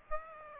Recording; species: mosquito wingbeat signal from an infrared sensor; Aedes aegypti